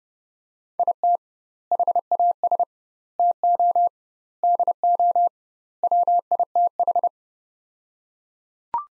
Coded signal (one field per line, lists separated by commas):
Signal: Morse code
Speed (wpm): 30 wpm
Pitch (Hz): 700 Hz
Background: none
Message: IT HAS TO DO WITH